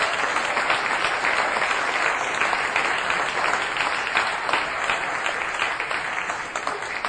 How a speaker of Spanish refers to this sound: Entonces los aceptamos con un aplauso para Cristo en esta tarde.